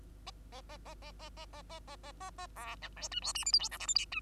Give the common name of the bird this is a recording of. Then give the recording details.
Bengalese Finch. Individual Bird2